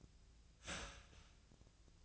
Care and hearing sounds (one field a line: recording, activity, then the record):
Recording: daily activity, microphone in the room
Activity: start toaster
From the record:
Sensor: 2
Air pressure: 1009.1 hPa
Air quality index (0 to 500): 186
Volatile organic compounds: 11 ppm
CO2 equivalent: 2313 ppm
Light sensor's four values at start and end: 23/57/24/26 and 23/57/24/26